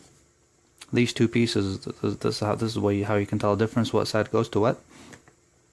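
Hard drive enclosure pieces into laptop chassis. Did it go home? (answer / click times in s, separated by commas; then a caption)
no / none. Two plastic hard drive enclosure pieces for an Acer Aspire One KAV600 hard drive upgrade are handled before being snapped into the laptop chassis while someone talks. A brief sound marks the start of the speech at 0.8 s, and a faint one follows at 5.3 s. Nothing has seated or clicked yet.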